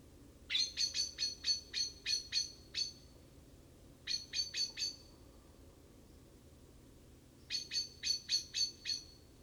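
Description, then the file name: Common blackbird giving sharp, metallic chinking notes in three rapid bursts, the first the longest, separated by pauses, over quiet background hiss. "Turdus merula"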